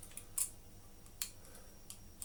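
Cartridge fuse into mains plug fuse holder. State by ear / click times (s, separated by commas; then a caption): not seated / none. A cartridge fuse is handled at a mains plug's fuse holder, making a series of short, sharp, high-pitched clicks and taps near 0.2, 0.4, 1.2, 1.9 and 2.2 seconds, the one at 1.2 seconds being the loudest. Nothing has seated or clicked home yet.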